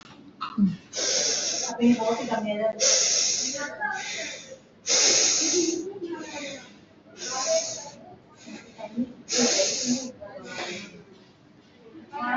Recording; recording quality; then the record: shallow breathing; excellent, no background noise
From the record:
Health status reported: healthy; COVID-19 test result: negative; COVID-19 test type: RT-PCR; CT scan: not taken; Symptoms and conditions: none ticked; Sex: female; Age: 19 years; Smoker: no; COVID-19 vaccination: both doses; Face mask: worn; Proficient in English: yes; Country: India